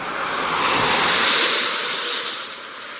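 Heavy rain from a sudden downpour drums steadily on the roof of a moving dark-blue Ford car, flooding the windshield as the wipers barely cope, a dense, unbroken hiss that swells slightly in the middle before easing off toward the end, with no voices.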